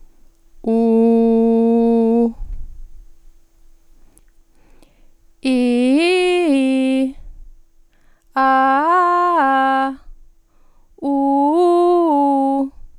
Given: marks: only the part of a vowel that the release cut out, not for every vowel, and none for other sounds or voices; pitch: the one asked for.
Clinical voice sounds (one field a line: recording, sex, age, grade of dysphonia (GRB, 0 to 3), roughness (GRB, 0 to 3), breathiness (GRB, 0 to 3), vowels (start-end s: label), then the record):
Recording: sustained vowels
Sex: female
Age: 40 to 49 years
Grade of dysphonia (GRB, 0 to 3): 0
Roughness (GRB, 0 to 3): 0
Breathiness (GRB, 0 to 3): 0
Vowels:
0.85-2.12 s: vowel /u/, low pitch
5.65-6.94 s: vowel /i/, low-high-low pitch
8.50-9.80 s: vowel /a/, low-high-low pitch
11.23-12.54 s: vowel /u/, low-high-low pitch
From the record:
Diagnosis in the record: healthy voice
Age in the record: 42 years